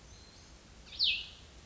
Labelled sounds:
Cassin's Vireo (Vireo cassinii)
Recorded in Sonoma County, California

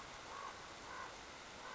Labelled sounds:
Common Raven (Corvus corax)
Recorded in Sonoma County, California

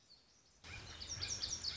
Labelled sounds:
Lazuli Bunting (Passerina amoena)
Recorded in Sonoma County, California

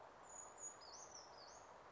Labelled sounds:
Brown Creeper (Certhia americana)
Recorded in Sonoma County, California

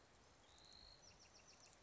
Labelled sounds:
Bewick's Wren (Thryomanes bewickii)
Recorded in Sonoma County, California

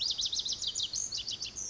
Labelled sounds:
Pacific Wren (Troglodytes pacificus)
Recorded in Sonoma County, California

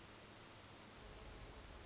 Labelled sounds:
Hermit Thrush (Catharus guttatus)
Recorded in Sonoma County, California

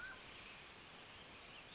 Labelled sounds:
Mountain Quail (Oreortyx pictus)
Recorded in Sonoma County, California

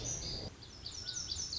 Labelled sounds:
Lazuli Bunting (Passerina amoena)
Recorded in Sonoma County, California

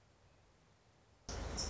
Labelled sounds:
Song Sparrow (Melospiza melodia)
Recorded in Sonoma County, California

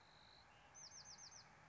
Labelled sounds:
Bewick's Wren (Thryomanes bewickii)
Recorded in Sonoma County, California

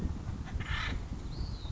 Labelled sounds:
Acorn Woodpecker (Melanerpes formicivorus)
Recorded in Sonoma County, California

